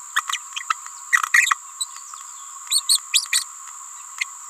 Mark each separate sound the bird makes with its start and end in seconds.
0.15-0.21, 0.69-0.74, 1.33-1.55, 1.79-1.85, 2.69-2.82, 2.88-3.00, 3.13-3.27, 3.32-3.44